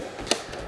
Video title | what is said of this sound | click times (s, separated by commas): Narwal T10 Robot Mop & Vacuum - Unboxing, Setup & Review | same thing for the second pad it automatically snaps into place | 0.3 s